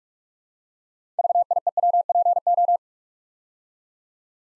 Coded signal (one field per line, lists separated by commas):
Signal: Morse code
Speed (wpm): 44 wpm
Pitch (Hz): 700 Hz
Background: none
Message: VIEWPO